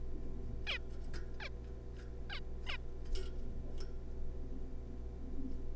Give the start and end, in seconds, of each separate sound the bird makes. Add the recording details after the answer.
0.67-0.78, 1.40-1.49, 2.30-2.40, 2.67-2.77. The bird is a juvenile. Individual R3549